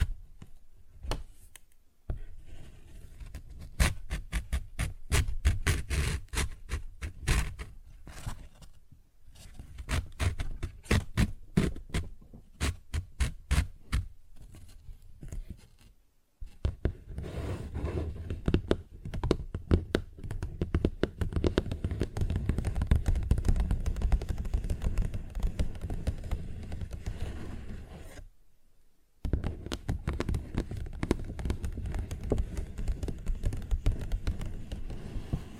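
Fingers tap and scratch at a paper bag in quick, dense bursts of crisp clicks and rustles. Brief silences break the activity near 2, 9, 16 and 28 seconds. After the pause at 16 seconds the scratching grows steadier and fuller, with more low rumble.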